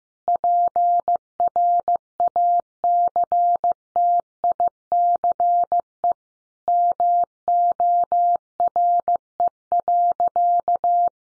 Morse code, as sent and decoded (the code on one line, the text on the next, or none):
.--. .-. .- -.-. - .. -.-. . / -- --- .-. . .-.-.-
PRACTICE MORE.